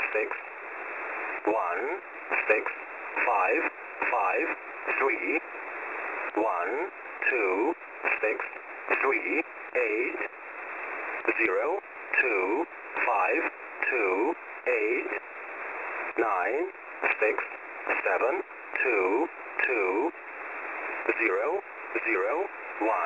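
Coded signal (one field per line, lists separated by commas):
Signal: numbers station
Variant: English Man, English voice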